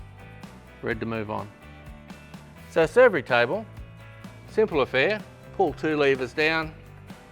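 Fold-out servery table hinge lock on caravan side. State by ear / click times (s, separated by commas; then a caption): not seated / none. Someone talks over background music while handling the fold-out servery table on the side of an AusRV Titan12 offroad caravan, as two levers are pulled down to release it so it can fold out and lock into its open position, a lock that stops it moving around. The clip ends before the table reaches that position; nothing has locked or clicked into place yet.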